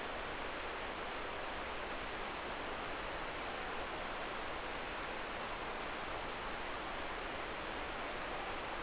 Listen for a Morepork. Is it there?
no